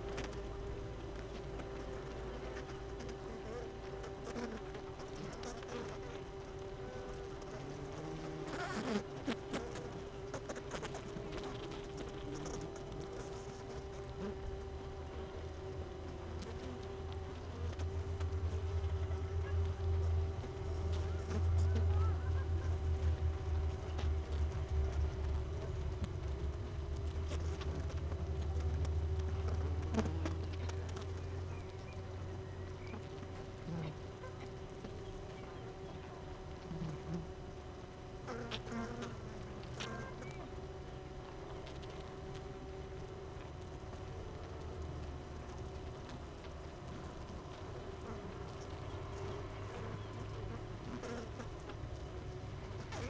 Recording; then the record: honeybee colony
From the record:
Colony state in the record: missing queen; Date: 31 May 2018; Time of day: 16:25